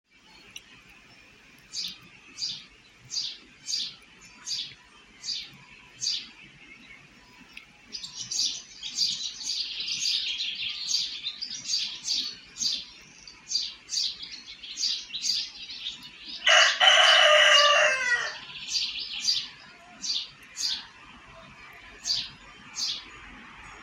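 Bird sounds: a run of bright, evenly spaced chirps repeats about twice a second. From around eight seconds other birds join in a denser, overlapping chatter, and near seventeen seconds a louder, harsher burst of calls briefly covers everything before the regular chirping resumes.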